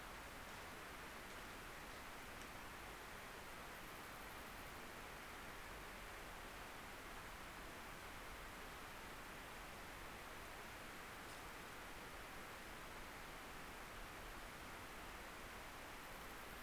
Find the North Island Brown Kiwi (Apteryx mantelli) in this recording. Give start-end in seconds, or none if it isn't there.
none